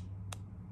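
A compact Vessel USB220 electric screwdriver drives a screw into a metal part until its clutch stops the driver on its own at the torque limit, before the screw is fully tight, possibly because the screw is slightly cross-threaded. A single sharp hit sounds at 0.3 s as it stops, over a steady low hum.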